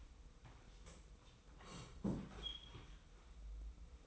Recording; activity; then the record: daily activity, microphone in the room; sit down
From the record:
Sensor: 1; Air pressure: 990.5 hPa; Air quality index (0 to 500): 154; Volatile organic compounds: 1000 ppm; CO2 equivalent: 5579 ppm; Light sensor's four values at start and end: 29/67/29/31 and 29/68/29/32